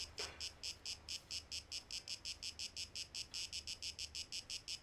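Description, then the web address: Cicada song, a high buzzy rasp broken into quick even pulses, with a faint low rumble underneath. 12 August 2023. "rauschpartikel Audio 2023-08-12 Zikaden"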